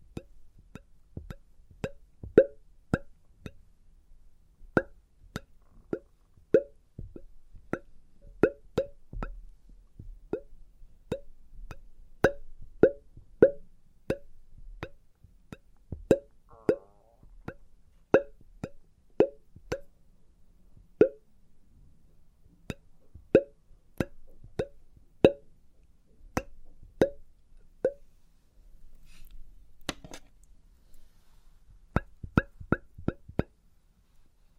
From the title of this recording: Experimental Triggers in Test Tubes